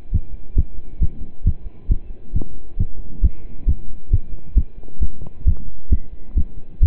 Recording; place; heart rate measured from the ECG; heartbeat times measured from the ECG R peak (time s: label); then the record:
heart sounds by stethoscope; between the tricuspid and mitral areas; 135 bpm
0.12 s: heartbeat
0.57 s: heartbeat
1.01 s: heartbeat
1.45 s: heartbeat
1.90 s: heartbeat
2.34 s: heartbeat
2.78 s: heartbeat
3.23 s: heartbeat
3.67 s: heartbeat
4.11 s: heartbeat
4.56 s: heartbeat
5.01 s: heartbeat
5.46 s: heartbeat
5.91 s: heartbeat
6.36 s: heartbeat
6.81 s: heartbeat
From the record:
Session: pedaling a stationary bicycle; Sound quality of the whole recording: partially saturated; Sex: male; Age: 27 years